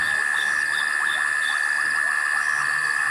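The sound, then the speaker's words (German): A steady, high-pitched insect drone hums without a break, with rapid chirps and trills repeating over it. No voices are heard. “Wir fahren eine Schleife in die Insekten des Anfangs.”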